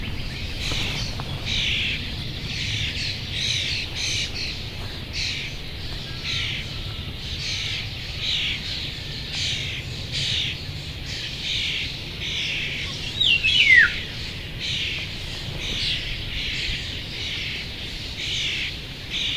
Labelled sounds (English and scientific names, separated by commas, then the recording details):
European Starling (Sturnus vulgaris)
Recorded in the wild
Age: juvenile
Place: Hobrechtsfelder Rieselfelder, Naturpark Barnim, Berlin, DE
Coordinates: 52.66, 13.4767
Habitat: open landscape
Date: 2012-05-28 07:36
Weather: 20°C, sunny, almost windless
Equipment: Sound Devices 702, Sennheiser MKH 70, Rycote Windschutz
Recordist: Frommolt, Karl-Heinz